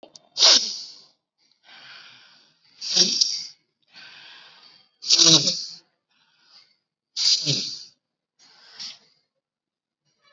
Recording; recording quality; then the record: deep breathing; excellent, no background noise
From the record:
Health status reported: COVID-19 positive, mild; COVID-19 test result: positive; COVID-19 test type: RT-PCR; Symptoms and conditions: cough, sore throat, fever, fatigue, muscle pain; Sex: female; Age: 36 years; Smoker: no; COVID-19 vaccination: both doses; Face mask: not worn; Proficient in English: yes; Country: India